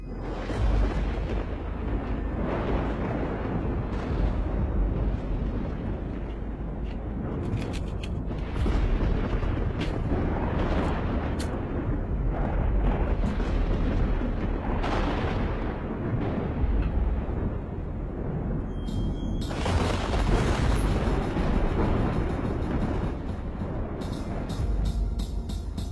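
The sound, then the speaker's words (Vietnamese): A deep, sustained rumble of rolling thunder from a lightning strike fills the whole stretch, with a sharper crackling burst partway through, heavy low-end roar throughout and no pauses. “Đúng lúc ấy, một tia sét xé toạc cả tầng không.”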